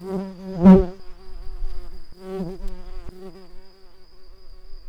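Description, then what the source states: Brown-banded carder bee buzzing: a low, humming drone in short bursts near the start and middle, fading between bursts, with a faint steady high whine throughout. Queens.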